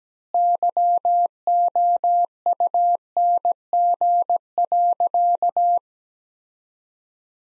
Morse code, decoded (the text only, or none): YOUNG.